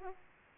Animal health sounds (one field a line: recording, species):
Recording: mosquito wingbeat signal from an infrared sensor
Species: Aedes aegypti